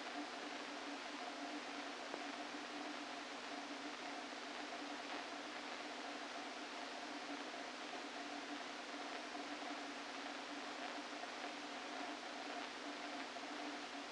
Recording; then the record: brain microelectrode recording played as sound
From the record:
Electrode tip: outside the subthalamic nucleus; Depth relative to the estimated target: -3 mm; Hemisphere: left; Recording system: NeuroSet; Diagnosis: Parkinson's disease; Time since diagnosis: 13 years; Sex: male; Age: 49 years